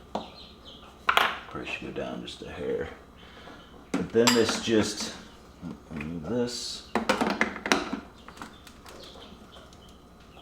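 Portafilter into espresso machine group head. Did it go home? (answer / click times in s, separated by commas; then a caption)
yes / 7.7 s. Someone talks while filling and leveling coffee in the portafilter of a Mattinata espresso machine; short clinks are heard around 1.1 s. The portafilter is then moved up into the machine's group head and twisted, with a cluster of sharp clacks from 7.0 s. It locks into place at 7.7 s.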